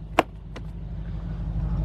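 A plastic door trim piece is pressed into place at the top of the door panel of a 2003 Nissan Altima while the door is reassembled after a window regulator job. A sharp click at 0.2 s shows the trim snapping in and seating, followed by a fainter tap at 0.6 s over a low, steady background hum.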